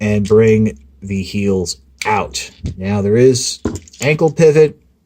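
Someone talks while handling the ankle pivot joint on the foot of a plastic transforming robot action figure, moving the foot during the transformation. Light clicking handling sounds are heard between the speech. Nothing has seated or clicked yet.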